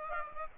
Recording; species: mosquito wingbeat signal from an infrared sensor; Aedes aegypti